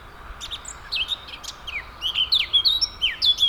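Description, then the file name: Eurasian blackcap warbling continuously, starting with scratchy chips and building into louder clear slurred whistles toward the end. "Sylvia atricapilla"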